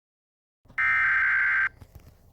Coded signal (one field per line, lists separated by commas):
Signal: Emergency Alert System (SAME) tones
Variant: header bursts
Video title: Eas very rare HMW in Crockett tx Eas#462